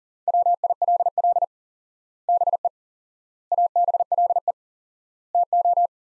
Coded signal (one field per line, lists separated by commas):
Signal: Morse code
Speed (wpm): 40 wpm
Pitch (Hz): 700 Hz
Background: none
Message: WILL BE ABLE TO